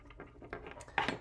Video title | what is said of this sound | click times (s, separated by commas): How to install a bulgin PX0731/S connector for RoboBoat | basically clicks in place with the other part so | 1.0 s